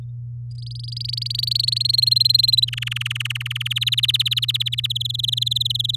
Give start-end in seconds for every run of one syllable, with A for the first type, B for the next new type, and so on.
0.51-1.78 A, 1.80-2.65 B, 2.67-3.68 C, 3.70-4.87 D, 4.90-5.96 E